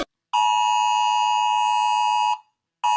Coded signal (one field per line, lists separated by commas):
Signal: Emergency Alert System (SAME) tones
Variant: 853 and 960 Hz attention tone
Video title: Rating EAS Alarms (Part 1)!